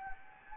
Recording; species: mosquito wingbeat signal from an infrared sensor; Anopheles gambiae